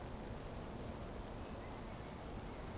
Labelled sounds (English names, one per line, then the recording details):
Eurasian Woodcock whistle
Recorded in Baden-Württemberg, Germany, on 25 June 2020 at 19:48 UTC
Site 14569, 102 m above sea level